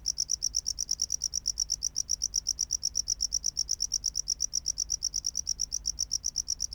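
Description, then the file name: Tropical house cricket song: a continuous train of sharp, high chirps, several each second, steady and unbroken throughout. "Bio Acoustica. Gryllodes sigillatus"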